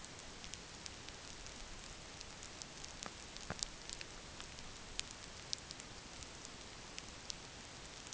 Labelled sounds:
none
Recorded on Arctic tundra, site NAIT-1, on 27 June 2019
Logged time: 20:00

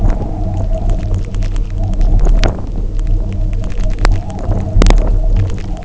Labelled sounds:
none
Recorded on Arctic tundra, site UTQI-0, on 27 June 2018
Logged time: 20:00

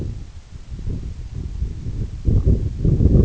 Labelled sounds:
none
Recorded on Arctic tundra, site EABA-1, on 26 June 2018
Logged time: 08:00

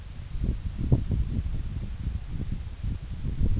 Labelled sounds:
none
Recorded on Arctic tundra, site NAIT-1, on 26 June 2019
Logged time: 12:00

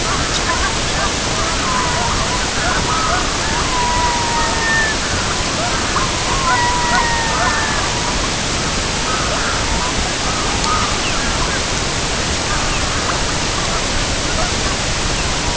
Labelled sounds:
unidentified sound
Red-throated Loon
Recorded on Arctic tundra, site EABA-MC, on 22 June 2019
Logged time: 08:00

